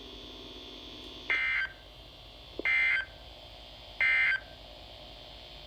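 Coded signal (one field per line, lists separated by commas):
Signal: Emergency Alert System (SAME) tones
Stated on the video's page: NOAA weather radio flood warning issued by the National Weather Service office covering Washington DC.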